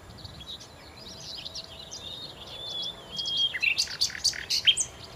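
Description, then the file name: Common nightingale song: faint varied whistles and trills, a long pure whistle near three seconds, then louder rapid notes with sharp repeated chirps at the end. "Nachtigall"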